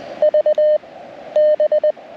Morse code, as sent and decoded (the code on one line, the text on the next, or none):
...- / -...
V B